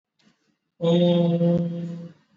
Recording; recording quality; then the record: sustained vowel as in boot; excellent, no background noise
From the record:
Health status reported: exposed to COVID-19, no respiratory illness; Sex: male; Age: 40 years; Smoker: no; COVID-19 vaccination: both doses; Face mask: worn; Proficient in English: yes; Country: India